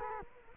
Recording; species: mosquito wingbeat signal from an infrared sensor; Culex quinquefasciatus